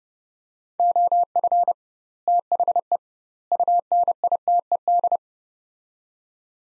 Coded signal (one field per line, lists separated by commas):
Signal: Morse code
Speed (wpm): 32 wpm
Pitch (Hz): 700 Hz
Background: none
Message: OF THE UNITED